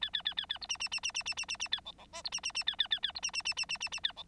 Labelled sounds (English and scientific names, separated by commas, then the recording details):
Bengalese Finch (Lonchura striata domestica) song
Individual Bird9